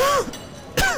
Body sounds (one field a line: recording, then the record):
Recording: coughing mixed with background sound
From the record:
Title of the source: Coughing 51